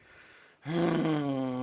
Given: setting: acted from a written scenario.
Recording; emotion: vocal sound without words; anger